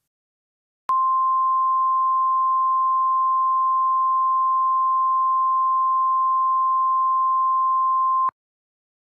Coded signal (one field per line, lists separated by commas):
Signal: Emergency Alert System (SAME) tones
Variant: 1050 Hz attention tone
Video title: PTA EAS thing? (POSSIBLE VALID EAS TONES)